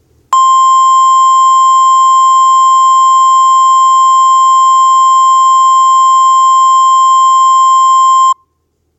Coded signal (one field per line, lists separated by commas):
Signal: Emergency Alert System (SAME) tones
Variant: 1050 Hz attention tone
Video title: Emergency alert system scenario. Weirdmageddon